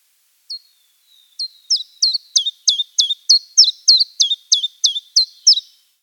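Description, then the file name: Common chiffchaff song: a steady series of high, sharp notes, starting sparse then repeated about three times a second, clean and unaccompanied. "penochka tenkovka"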